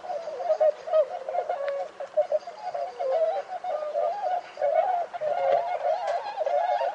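Bird singing a continuous warbling stream of mid-pitched, wavering notes.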